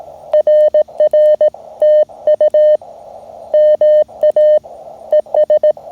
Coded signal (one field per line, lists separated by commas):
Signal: Morse code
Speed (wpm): 18 wpm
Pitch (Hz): 610 Hz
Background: none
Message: RR TU MA ES